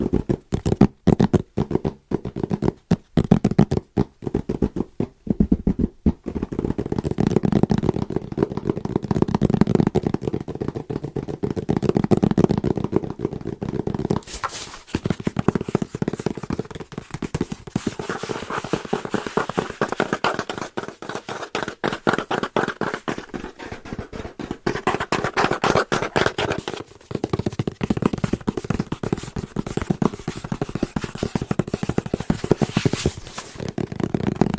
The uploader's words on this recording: ASMR Fast & Rhythmic Tapping with Christmas Presents No Talking.